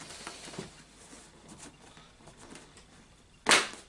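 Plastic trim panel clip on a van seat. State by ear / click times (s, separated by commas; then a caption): released / 3.5 s. A plastic trim panel on a Volkswagen Transporter T5 van seat is worked free of its tough retaining clip, with faint rustling and handling noises. At 3.5 s a sharp, loud click is heard as the clip snaps out and the panel is released.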